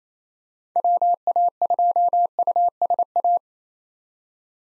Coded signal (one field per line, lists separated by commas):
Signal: Morse code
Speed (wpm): 28 wpm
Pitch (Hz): 700 Hz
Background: none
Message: WA2USA